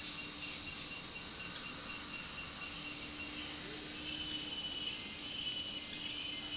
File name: Muitas cigarras de manha em comunidade rural vozes longes caminhao passando